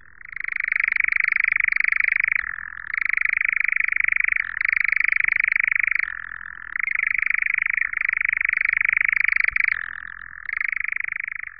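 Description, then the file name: European nightjar churring song: continuous mechanical reeling that keeps switching pitch briefly and then returns, steady and unbroken throughout. "Lelek-lesní"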